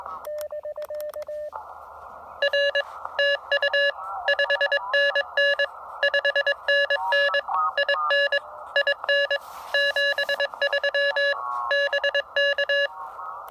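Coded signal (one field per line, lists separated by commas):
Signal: Morse code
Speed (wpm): 22 wpm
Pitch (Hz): 1700 Hz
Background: none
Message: R TU 5NN 5NN IN IN 73 BK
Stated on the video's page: State game land activation with an Elecraft KX2 at 5 watts into a not-so-resonant wire antenna.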